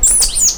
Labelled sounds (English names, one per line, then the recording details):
Stitchbird song
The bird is a male
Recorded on Tiritiri Matangi Island, New Zealand, in 2005
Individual 1, of nest box 1